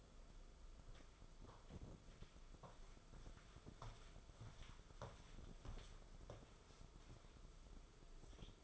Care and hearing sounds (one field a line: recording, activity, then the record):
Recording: daily activity, microphone in the room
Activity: walk to room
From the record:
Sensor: 5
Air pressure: 994.5 hPa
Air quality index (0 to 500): 172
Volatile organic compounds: 652 ppm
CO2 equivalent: 4995 ppm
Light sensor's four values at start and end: 31/104/38/41 and 29/97/36/38